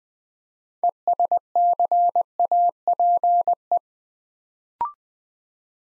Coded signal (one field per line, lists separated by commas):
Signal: Morse code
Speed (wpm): 20 wpm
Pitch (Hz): 700 Hz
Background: none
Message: ESCAPE